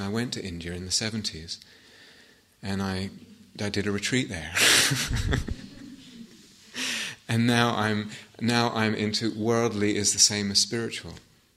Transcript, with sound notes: I went to India in the seventies, and I did a retreat there!" [laughter] "And now I'm into -- worldly is the same as spiritual."